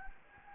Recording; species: mosquito wingbeat signal from an infrared sensor; Anopheles gambiae